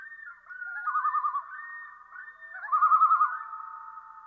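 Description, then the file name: Common loon giving two quavering tremolo calls over long, drawn-out wails. "dan gibsons solitudes common loon"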